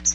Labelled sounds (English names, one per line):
Magnolia Warbler flight call